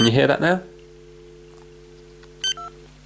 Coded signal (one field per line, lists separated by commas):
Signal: telephone call progress tone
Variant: North America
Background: speech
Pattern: dial tone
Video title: How to Fix a Faulty DECT Cordless Phone using SIMPLE Fault Finding